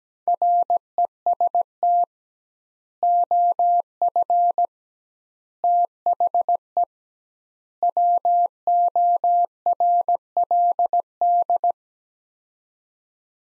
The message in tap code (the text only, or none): none